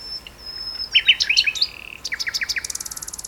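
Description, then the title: Common nightingale song, clear whistled notes, then a row of quick rising chirps and a fast high rattle of pulses at the end. Two nightingales singing in duet on Westleton Heath. "sanderson-sanderson-hc nightingale-duet-on-westleton-heath"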